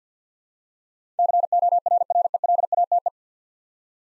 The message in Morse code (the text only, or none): CORRELATE